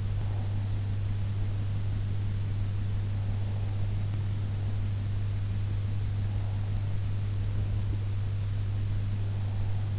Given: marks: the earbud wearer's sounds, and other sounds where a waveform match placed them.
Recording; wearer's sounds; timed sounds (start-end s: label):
sounds in sleep by an in-ear microphone; breath
0.00-0.81 s: breath